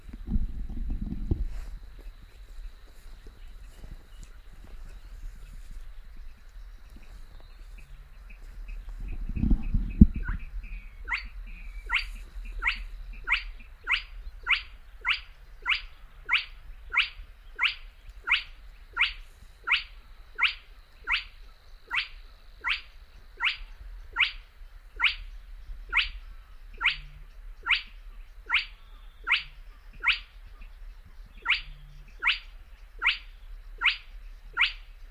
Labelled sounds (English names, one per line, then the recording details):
Spotted Crake
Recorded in the wild
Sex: male
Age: adult
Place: Kützerhof, Kummerower See, Mecklenburg-Vorpommern, DE
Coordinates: 53.8564, 12.8603
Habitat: wetland
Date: 2009-05-26
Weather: schwacher Wind aus Ost, klarer Himmel, ca. 15°C
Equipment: Sound Devices 702, Sennheiser MKH 70, Rycote Windschutz
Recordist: Frommolt, Karl-Heinz